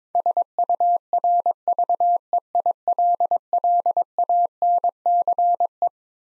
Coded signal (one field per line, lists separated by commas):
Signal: Morse code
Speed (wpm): 21 wpm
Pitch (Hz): 700 Hz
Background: none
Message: SURVEILLANCE